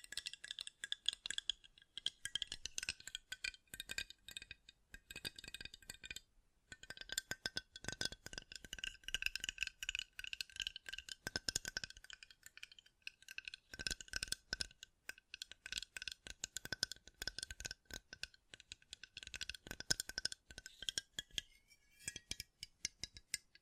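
Dense, fast tapping runs through nearly the whole clip, with crisp clicky and slightly glassy or rattling strikes that sit mostly in the bright upper range. A faint steady tone hums underneath. Brief pauses break the flow near six and fourteen seconds.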